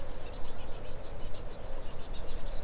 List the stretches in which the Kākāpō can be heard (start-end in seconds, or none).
none